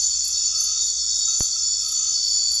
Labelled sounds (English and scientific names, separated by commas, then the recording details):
none
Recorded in secondary vegetation near Puerto Asís, Putumayo, Colombia, on 8 March 2025 at 21:30
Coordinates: 0.499, -76.323
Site G094